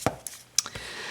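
The plastic battery cover of a budget Energy Phone Max 4G smartphone, already slightly unclipped from the factory, is pried off the phone body. Sharp snaps are heard at 0.3 and 0.6 seconds as the clips release, with a softer knock at 0.1 seconds, and the cover comes free.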